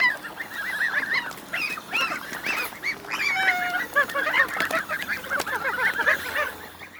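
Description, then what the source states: Goose: geese giving rapid, overlapping squeaky calls and brief honks in bursts, a busy chorus of several birds with some clicks and splashy noise. Young geese, recorded while drinking.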